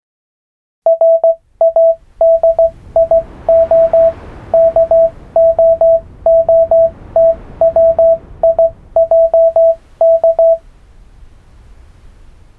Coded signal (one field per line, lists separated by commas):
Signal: Morse code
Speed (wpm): 19 wpm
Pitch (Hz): 660 Hz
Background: radio noise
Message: RADIO KOOTWIJK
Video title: Radio Kootwijk / old radio station / Hallo Bandoeng / Bandung